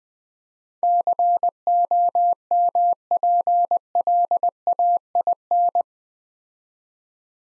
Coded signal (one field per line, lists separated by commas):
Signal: Morse code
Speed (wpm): 20 wpm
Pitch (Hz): 700 Hz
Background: none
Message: COMPLAIN